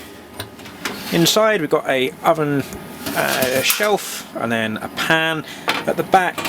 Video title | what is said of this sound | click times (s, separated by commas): Wallas 86D Diesel Boat or Motorhome Oven - Review after 2 years of use. | when you close it again it locks into place so you can't inadvertently open it when you're when you're moving inside | 0.4 s, 0.9 s